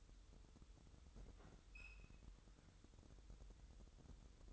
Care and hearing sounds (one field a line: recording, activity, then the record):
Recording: daily activity, microphone in the room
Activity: open fridge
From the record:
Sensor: 3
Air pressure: 988.4 hPa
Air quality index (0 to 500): 191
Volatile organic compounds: 262 ppm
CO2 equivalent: 4393 ppm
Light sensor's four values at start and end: 24/75/31/27 and 24/75/31/27